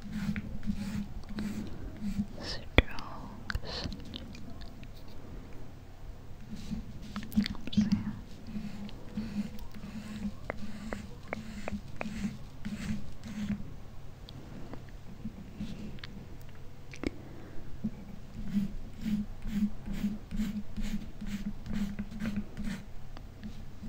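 Soft tracing and touching sounds, like makeup being filled in, with quick faint scratches and taps scattered through the clip. Rhythmic low pulses recur in bursts around the start, the middle and near the end. A sharp click lands near three seconds.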